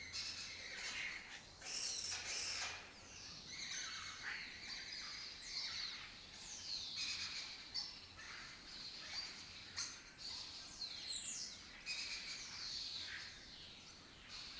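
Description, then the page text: Lesser kestrels in a busy chorus of grating, ratchet-like chatter, calling over one another without pause. Colony breeding in an abandoned building complex in Doñana, southern Europe breeding area; migratory raptor that forages in West Africa. "Lesser Kestrels Took Over an Abandoned Building. Here in Doñana"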